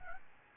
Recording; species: mosquito wingbeat signal from an infrared sensor; Aedes albopictus